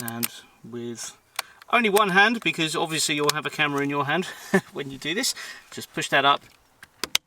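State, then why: Seated. On a 2008 Ford Fiesta 1.6 litre Zetec, the wiring multi-plug is pushed up one-handed into the bottom of the indicator stalk module while someone talks. After a pause, a few small ticks lead into a sharp, loud click at 7.2 s as the multi-plug seats.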